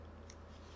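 While a PS5 DualSense controller, model BDM-020, is reassembled to fix stick drift and fit a big battery, a plastic internal part is pressed down into the controller frame. It pops into place with a single short, sharp snap at 0.3 s over a steady low hum. The part is seated.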